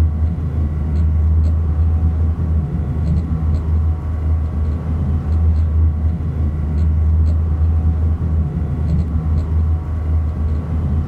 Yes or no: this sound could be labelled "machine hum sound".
yes